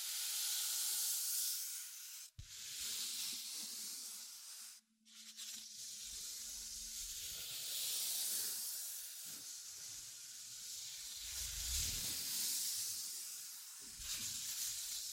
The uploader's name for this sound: Tapping, Scratching, Tracing and Panning